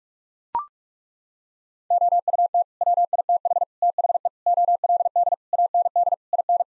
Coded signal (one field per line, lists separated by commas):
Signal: Morse code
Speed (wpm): 41 wpm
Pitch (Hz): 700 Hz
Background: none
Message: OUT WITH THE OLD AND IN